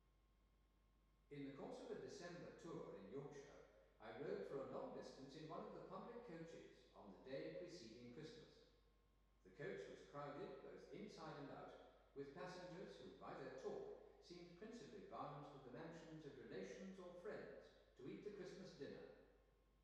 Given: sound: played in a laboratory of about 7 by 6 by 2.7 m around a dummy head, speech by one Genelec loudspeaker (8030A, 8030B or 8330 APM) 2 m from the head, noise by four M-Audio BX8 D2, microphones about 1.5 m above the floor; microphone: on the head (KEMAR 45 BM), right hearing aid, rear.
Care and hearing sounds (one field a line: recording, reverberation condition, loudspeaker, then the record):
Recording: male speech in English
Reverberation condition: high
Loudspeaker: 60 degrees to the left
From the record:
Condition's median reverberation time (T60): about 1300 ms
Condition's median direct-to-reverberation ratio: about -4.0 dB